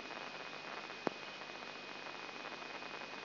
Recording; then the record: brain microelectrode recording played as sound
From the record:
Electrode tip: inside the subthalamic nucleus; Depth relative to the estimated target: -2 mm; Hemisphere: right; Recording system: AlphaMap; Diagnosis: Parkinson's disease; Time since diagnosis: 8 years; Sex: female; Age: 37 years